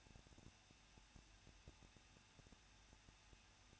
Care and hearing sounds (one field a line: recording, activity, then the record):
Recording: daily activity, microphone in the room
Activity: no activity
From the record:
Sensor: 2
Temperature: 21.0 degrees Celsius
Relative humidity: 37.5%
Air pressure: 1006.2 hPa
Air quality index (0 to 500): 223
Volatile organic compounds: 25 ppm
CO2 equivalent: 2828 ppm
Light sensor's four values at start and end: 2/3/2/2 and 2/3/2/2